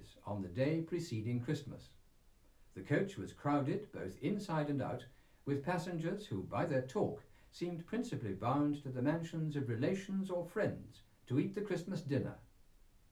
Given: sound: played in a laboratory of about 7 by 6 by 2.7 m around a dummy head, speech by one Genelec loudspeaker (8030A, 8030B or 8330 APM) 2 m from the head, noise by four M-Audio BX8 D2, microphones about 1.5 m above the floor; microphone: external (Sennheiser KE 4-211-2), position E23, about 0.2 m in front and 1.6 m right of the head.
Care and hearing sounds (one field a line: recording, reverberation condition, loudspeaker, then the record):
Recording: male speech in English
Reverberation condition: low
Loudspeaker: 60 degrees to the left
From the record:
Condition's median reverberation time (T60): about 310 ms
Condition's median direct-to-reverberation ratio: about 3.5 dB